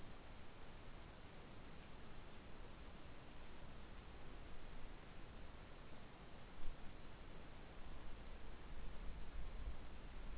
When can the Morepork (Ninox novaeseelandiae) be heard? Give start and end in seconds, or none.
none